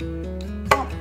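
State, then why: Seated. A removable pressure-cooking cover with a small silicone piece is pushed straight onto the lid of an Instant Pot Duo Crisp multicooker with the Ultimate Lid, over a steady low tonal hum. A sharp, bright snap at 0.7 s marks the cover seating into place.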